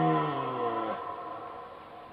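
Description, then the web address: Red deer roar: the tail of a deep, harmonic bellow that drops and fades within about a second, leaving faint low background noise. Roar of a red deer in a wild forest. "ryk jelenia w dzikim lesie"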